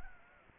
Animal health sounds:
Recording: mosquito wingbeat signal from an infrared sensor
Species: Anopheles arabiensis

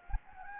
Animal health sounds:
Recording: mosquito wingbeat signal from an infrared sensor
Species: Anopheles gambiae

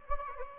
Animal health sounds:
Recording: mosquito wingbeat signal from an infrared sensor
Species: Anopheles gambiae

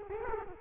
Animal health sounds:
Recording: mosquito wingbeat signal from an infrared sensor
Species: Culex quinquefasciatus

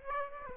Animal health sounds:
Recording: mosquito wingbeat signal from an infrared sensor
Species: Aedes aegypti

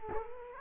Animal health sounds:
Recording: mosquito wingbeat signal from an infrared sensor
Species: Culex quinquefasciatus

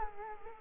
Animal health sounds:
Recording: mosquito wingbeat signal from an infrared sensor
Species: Culex quinquefasciatus

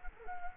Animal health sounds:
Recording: mosquito wingbeat signal from an infrared sensor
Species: Culex quinquefasciatus

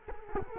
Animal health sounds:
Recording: mosquito wingbeat signal from an infrared sensor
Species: Culex quinquefasciatus

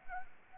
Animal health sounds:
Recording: mosquito wingbeat signal from an infrared sensor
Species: Anopheles arabiensis

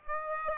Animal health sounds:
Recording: mosquito wingbeat signal from an infrared sensor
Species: Aedes aegypti

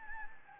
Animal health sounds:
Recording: mosquito wingbeat signal from an infrared sensor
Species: Anopheles gambiae

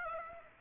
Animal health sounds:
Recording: mosquito wingbeat signal from an infrared sensor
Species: Aedes aegypti

